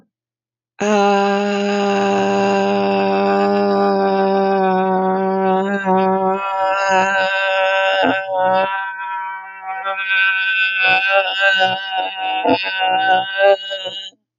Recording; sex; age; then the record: vowel held as long as possible; female; 50 to 59 years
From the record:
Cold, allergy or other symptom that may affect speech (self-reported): no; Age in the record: 57 years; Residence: New Jersey, United States